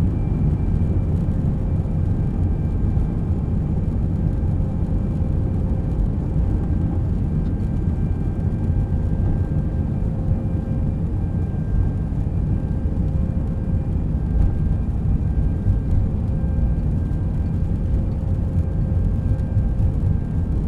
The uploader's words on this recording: Long Airplane Take-Off, Liverpool — Isle of Man. A long waiting in the airplane from Liverpool to The Isle of Man to take-off, with low engines' humming.